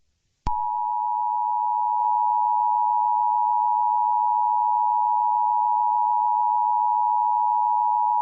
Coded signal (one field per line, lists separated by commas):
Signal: Emergency Alert System (SAME) tones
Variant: 853 and 960 Hz attention tone